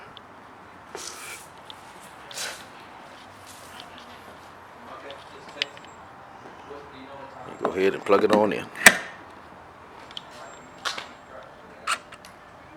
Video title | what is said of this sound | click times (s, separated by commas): Full walkthrough with a Volvo Plug in Hybrid | You heard that little click. | 10.2 s